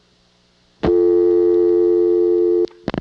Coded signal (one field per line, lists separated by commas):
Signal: telephone call progress tone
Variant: North America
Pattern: dial tone